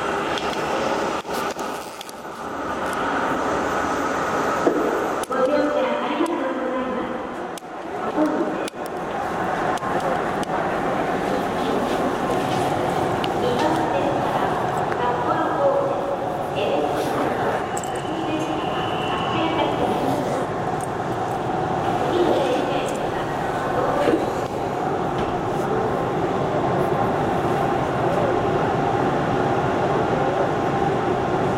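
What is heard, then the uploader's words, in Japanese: A train in Hokkaido: a steady low rumble of the moving carriage fills the whole clip at an even level. Voices murmur through it, with a few brief clicks and knocks near the start and around eight seconds. 2018年10月北海道の列車。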